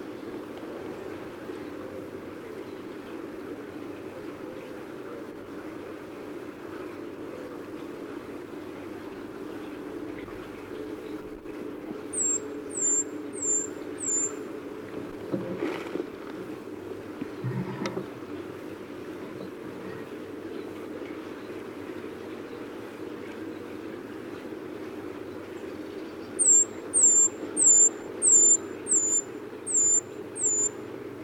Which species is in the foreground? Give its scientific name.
Certhia familiaris